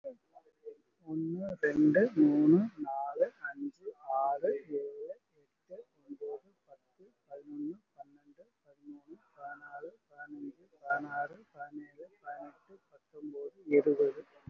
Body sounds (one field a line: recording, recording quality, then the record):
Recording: counting at a fast pace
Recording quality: excellent, no background noise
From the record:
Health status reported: COVID-19 positive, mild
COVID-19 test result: positive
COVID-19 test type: RT-PCR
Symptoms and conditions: cough, cold, fever, fatigue, muscle pain, loss of smell and taste, hypertension, diabetes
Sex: male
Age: 64 years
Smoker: no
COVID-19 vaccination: both doses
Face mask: worn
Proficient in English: yes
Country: India